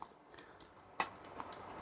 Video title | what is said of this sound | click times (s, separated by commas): Join 3D Printer Filaments Easily Sunlu Connector Splicer Review | you heard it click and then close the lid make sure you push the lid from the | 1.0 s